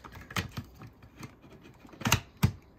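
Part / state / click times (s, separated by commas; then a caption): plastic tool caddy onto canister vacuum body clip / seated / 2.1 s, 2.4 s. A plastic tool caddy is pushed onto its clip on the main body of a Riccar Prima Tandem Air canister vacuum (PRIMAP.8T). A few light plastic taps and knocks are followed by sharp clicks at 2.1 s and 2.4 s as the caddy locks into place.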